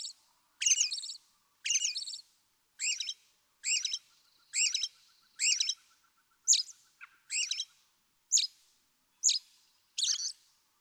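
American robin singing a run of varied whistled and chirpy phrases, about one every second.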